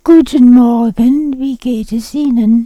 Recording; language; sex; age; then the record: spoken sentence; German; female; 70 to 79 years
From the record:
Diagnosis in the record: recurrent laryngeal nerve paralysis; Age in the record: 79 years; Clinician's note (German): Links, komplette Form ohne Kompensation, dazu Dysphagie